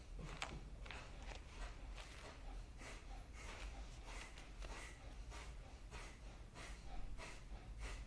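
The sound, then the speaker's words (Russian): Rapid, forceful nasal exhales in kapalabhati breathing during a one-minute breathing exercise, the belly drawing inward on each active exhale, short sharp puffs repeating in a steady rhythm about twice a second, fairly soft with no talking. “Будь только палабхати, который мы сейчас начинаем пыхтим, все равно вот у нас активный выдох, живот уходит внутрь.”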